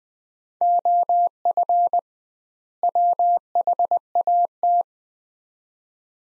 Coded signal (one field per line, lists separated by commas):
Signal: Morse code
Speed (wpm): 20 wpm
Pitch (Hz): 700 Hz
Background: none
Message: OF WHAT